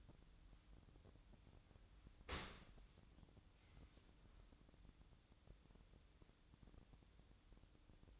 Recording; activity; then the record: daily activity, microphone in the room; open dishwasher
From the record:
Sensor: 3